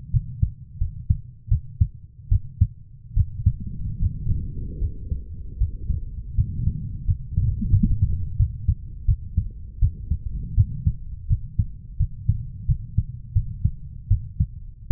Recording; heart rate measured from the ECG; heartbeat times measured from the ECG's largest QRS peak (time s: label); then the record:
heart sounds by stethoscope; 81 bpm
0.11 s: heartbeat
0.78 s: heartbeat
1.49 s: heartbeat
2.29 s: heartbeat
3.14 s: heartbeat
3.99 s: heartbeat
4.79 s: heartbeat
5.58 s: heartbeat
6.35 s: heartbeat
7.05 s: heartbeat
7.70 s: heartbeat
8.37 s: heartbeat
9.06 s: heartbeat
9.79 s: heartbeat
10.55 s: heartbeat
11.27 s: heartbeat
11.97 s: heartbeat
12.66 s: heartbeat
13.33 s: heartbeat
14.08 s: heartbeat
14.88 s: heartbeat
From the record:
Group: healthy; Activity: rest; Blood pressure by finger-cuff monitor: 120/75 mmHg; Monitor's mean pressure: 91 mmHg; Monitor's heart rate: 81 bpm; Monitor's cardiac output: 6.4 L/min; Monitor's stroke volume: 75 mL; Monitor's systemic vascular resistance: 990 dyn s/cm5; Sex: female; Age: 24 years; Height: 163 cm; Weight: 55.7 kg